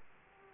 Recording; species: mosquito wingbeat signal from an infrared sensor; Aedes aegypti